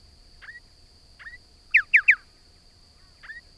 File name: Pardalotus Striatus